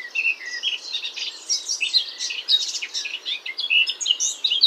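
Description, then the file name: Eurasian blackcap song: dense, jumbled warbling with scratchy notes and lower, clearer whistles woven through, running without pause throughout. "Sylvia atricapilla"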